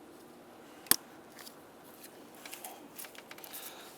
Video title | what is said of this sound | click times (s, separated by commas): How to Replace Upstream O2 Sensor 2007-2015 Mazda CX-9 | push Till You Hear The Click | 0.9 s